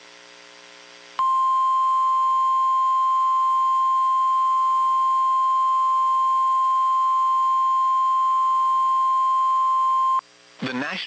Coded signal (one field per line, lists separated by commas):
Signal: Emergency Alert System (SAME) tones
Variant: 1050 Hz attention tone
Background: speech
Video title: 4/13/22 - Tornado Warning on KIG79 (EAS #423)